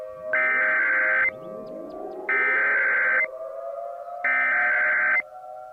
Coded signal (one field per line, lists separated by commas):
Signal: Emergency Alert System (SAME) tones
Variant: header bursts